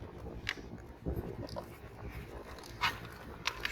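Spring clips on a plastic air filter housing cover are closed one after another as the cover is refitted after cleaning the MAF sensor. Two sharp snaps ring out at 0.5 s and 3.5 s amid softer handling taps and rustle. The clips snap home and the cover is seated.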